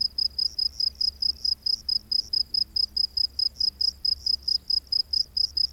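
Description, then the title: Cricket chirping steadily, high thin pulses repeated rapidly over a low hum. Crickets recorded during the day. "grillos de dia"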